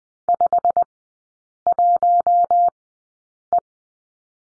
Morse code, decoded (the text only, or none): 51E